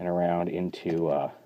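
A plastic wheel piece of a Fansproject CA-13 Diesel transforming robot figure with the Military Multiplexer Kit is being rotated up and around into a side panel while someone talks. The wheel piece has not yet snapped into the panel, and no click is heard.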